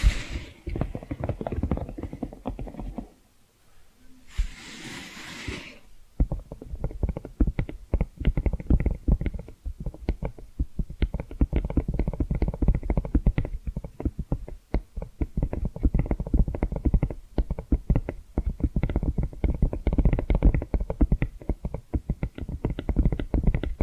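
Tapping and scratching sounds, a dense stream of quick, sharp clicks and taps that runs almost without a break for most of the clip. Near the start comes a short pause, then a brief soft hiss around five seconds before the steady tapping resumes.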